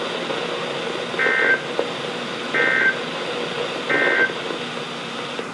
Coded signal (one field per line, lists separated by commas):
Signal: Emergency Alert System (SAME) tones